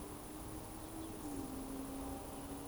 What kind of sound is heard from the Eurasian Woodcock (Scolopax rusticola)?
whistle